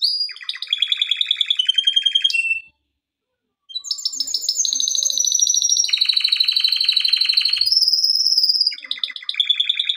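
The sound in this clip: Canary song, rapid rolling trills, a pause of about a second, then long tours of fast repeated notes at changing pitches.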